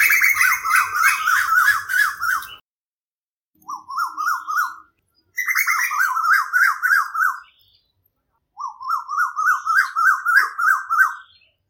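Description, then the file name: Asian koel gives four bursts of fast, wavering bubbling notes, each lasting one to three seconds, separated by short silences. "Tu Hu - Cua Nhau"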